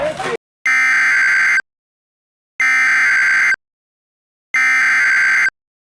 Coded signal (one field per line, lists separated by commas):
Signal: Emergency Alert System (SAME) tones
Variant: header bursts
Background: speech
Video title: The 4 funnels. (EAS Mock) READ DESC!